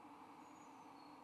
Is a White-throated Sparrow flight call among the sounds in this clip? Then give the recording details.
no. No flight call is heard. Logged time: 00:38 on 5 December 2014